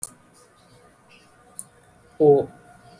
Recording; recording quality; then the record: sustained vowel as in boot; excellent, no background noise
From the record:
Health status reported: exposed to COVID-19, no respiratory illness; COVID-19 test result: negative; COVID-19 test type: rapid antigen test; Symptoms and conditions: cough, breathing difficulty, diarrhoea, another respiratory illness, another condition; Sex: male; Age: 27 years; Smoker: no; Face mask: worn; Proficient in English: yes